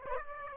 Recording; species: mosquito wingbeat signal from an infrared sensor; Aedes aegypti